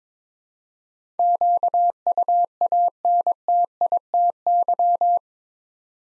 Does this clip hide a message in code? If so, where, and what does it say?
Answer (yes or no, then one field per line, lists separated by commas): yes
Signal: Morse code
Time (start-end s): 1.2-5.2 s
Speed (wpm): 22 wpm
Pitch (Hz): 700 Hz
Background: none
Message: QUANTITY